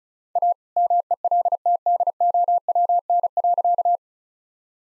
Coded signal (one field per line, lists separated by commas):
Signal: Morse code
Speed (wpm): 36 wpm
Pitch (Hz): 700 Hz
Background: none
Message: A MELTDOWN.